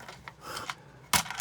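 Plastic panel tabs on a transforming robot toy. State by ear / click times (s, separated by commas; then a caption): not seated / none. Plastic panels of a Magic Square MS-B46 Light of Victory Optimus Prime transforming robot figure are pushed together, giving light plastic taps near 0.3 and 0.7 seconds, a louder scraping burst around 1.1 to 1.2 seconds, and another tap near 1.3 seconds. The tabs meant to hold the panels fail to lock into place, so nothing has seated or clicked yet.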